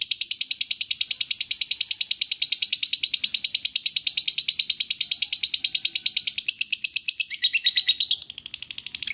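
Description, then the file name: Lovebird producing an even, machine-like train of shrill, rapid chirps for most, breaking into looser, varied squeaks at the end. "suara lovebird asli"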